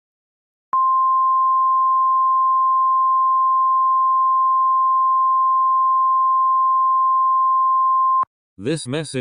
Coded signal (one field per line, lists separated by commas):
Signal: Emergency Alert System (SAME) tones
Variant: 1050 Hz attention tone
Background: speech